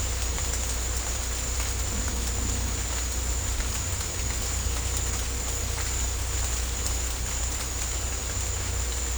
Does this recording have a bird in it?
no